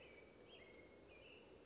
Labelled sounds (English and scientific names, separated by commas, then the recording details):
American Robin (Turdus migratorius)
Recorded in Sonoma County, California